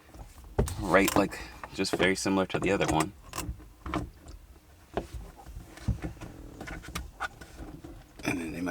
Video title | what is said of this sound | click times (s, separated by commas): Ford F-150 Raptor Dash Cam Install - Mangoal Integrated Camera Review | now this piece, all this does is just snap right in place. | 0.6 s